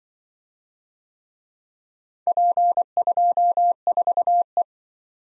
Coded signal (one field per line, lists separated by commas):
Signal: Morse code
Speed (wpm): 25 wpm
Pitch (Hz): 700 Hz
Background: none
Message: P24E